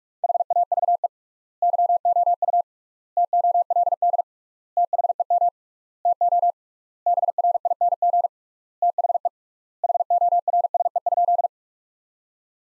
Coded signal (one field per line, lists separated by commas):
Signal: Morse code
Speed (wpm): 42 wpm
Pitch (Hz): 700 Hz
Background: none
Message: HAVE YOU TOLD THEM TO BRING THE HORSE?